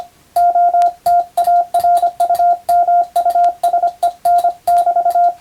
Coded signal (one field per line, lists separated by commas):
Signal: Morse code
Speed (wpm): 25 wpm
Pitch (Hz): 700 Hz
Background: radio noise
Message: OTARUMUSEN<BT>